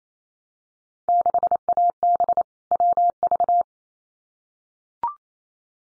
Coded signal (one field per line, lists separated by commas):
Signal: Morse code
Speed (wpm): 28 wpm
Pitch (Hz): 700 Hz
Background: none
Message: 6AB WV